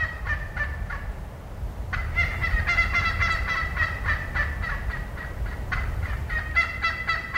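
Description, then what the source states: Wild turkey excited yelping: quick runs of harsh, repeated yelps, several each second, fainter at first and then louder. Excited yelp given not from danger but because the turkeys are worked up or excited about something.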